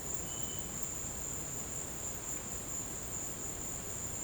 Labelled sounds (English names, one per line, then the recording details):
none
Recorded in dense forest near Puerto Asís, Putumayo, Colombia, on 22 December 2024 at 16:00
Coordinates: 0.484, -76.317
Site G026